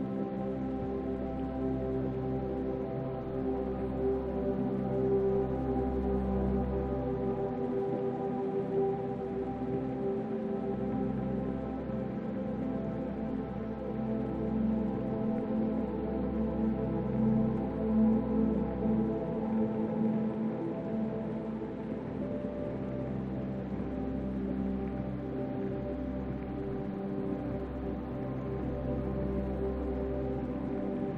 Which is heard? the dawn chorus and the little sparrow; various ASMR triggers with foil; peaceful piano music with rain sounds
peaceful piano music with rain sounds